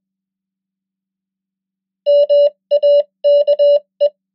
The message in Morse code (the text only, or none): MAKE